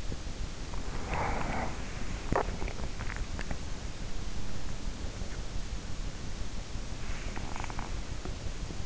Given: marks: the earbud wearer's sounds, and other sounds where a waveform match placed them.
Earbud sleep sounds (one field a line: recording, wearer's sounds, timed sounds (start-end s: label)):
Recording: sounds in sleep by an in-ear microphone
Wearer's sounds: breath, swallowing, teeth grinding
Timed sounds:
0.39-1.95 s: breath
1.95-4.06 s: swallowing
6.82-8.86 s: teeth grinding